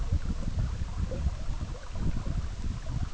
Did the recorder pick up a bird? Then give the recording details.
no. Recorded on Arctic tundra, site EABA-MC, on 17 June 2019. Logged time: 04:00